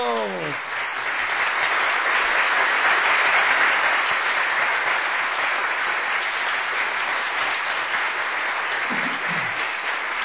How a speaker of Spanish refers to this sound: Bravísimo con esa lluvia de aplausos.